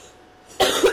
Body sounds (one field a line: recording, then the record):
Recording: coughing mixed with background sound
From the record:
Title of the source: 34 coughing up crap again